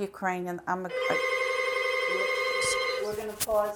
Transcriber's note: telephone rings